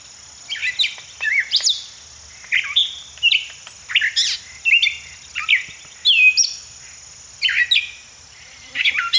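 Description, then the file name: Gray catbird singing a rambling series of varied squeaks, downslurs and scratchy notes, separated by brief pauses, over a constant thin high tone. "Gray Catbird - Dumetella carolinensis"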